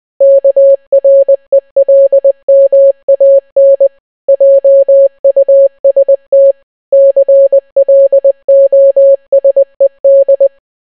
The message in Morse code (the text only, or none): KRELMAN JUST CLOSED